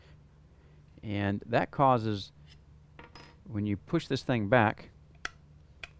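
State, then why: Seated. Someone talks while the lever of an ARC Team Carbon sequential shifter is pushed back, so a spring-loaded ball bearing rides past and drops into the detent between two steel spacers. Sharp clicks ring out at 5.3 s and 5.8 s as the detent ball seats into place.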